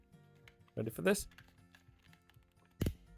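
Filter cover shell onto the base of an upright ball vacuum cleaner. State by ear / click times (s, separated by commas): seated / 2.8 s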